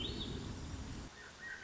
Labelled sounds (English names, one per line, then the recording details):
Swainson's Thrush
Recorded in Sonoma County, California